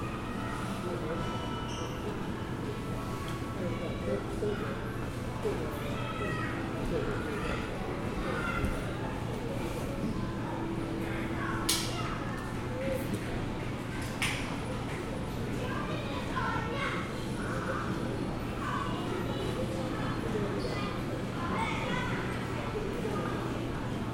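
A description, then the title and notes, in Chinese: At Songshan Airport, a steady low hum runs under constant murmuring voices, with a few sharp clicks around twelve and fifteen seconds. 松山機場。記得當時散步累了,就在機場大廳隨意的找個地方坐著休息。看著熙來人往,搭配登機廣播。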